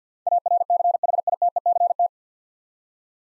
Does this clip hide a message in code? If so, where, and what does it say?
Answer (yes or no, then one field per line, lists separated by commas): yes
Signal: Morse code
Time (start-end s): 0.3-2.1 s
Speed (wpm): 52 wpm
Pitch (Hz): 700 Hz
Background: none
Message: ARCHITECT